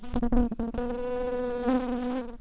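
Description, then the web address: Shrill carder bee workers giving a steady, droning buzz with a clear harmonic hum, opening with several short broken bursts before settling into a continuous tone. "bumblebees Sylvarum-workers"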